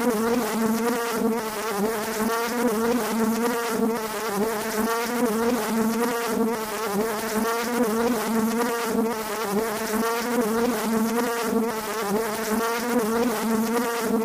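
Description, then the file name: Bumblebee buzzing, a low steady droning hum with rich overtones, gently pulsing in loudness without pause. "zvuki shmelia"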